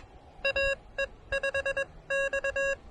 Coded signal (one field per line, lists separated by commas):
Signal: Morse code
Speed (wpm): 22 wpm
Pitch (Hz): 2750 Hz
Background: music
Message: AE5X